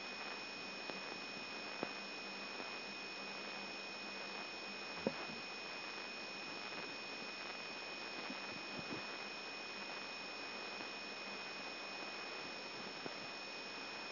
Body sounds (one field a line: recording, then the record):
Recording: brain microelectrode recording played as sound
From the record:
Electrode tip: outside the subthalamic nucleus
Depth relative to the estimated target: 0 mm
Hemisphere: right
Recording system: AlphaMap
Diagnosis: Parkinson's disease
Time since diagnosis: 14 years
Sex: male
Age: 66 years